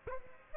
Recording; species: mosquito wingbeat signal from an infrared sensor; Aedes aegypti